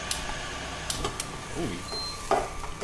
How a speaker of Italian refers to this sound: Ecco, questo è il suono della fiamma, non so se si sente. Continua a sfiammeggiare anche nella tazzina.